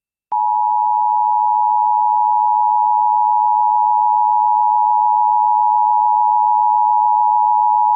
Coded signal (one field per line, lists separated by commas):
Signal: Emergency Alert System (SAME) tones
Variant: 853 and 960 Hz attention tone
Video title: EAS Mini-Timeline Minnesota State Fair Storms, Flooding and an AMBER Alert NOAA Weather Radio